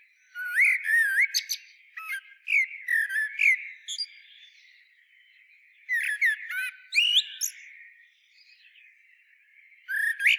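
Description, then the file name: Eurasian blackbird song with several short phrases, mellow fluted notes each followed by rapid, high, scratchy twitters, with pauses between. "Turdus merula"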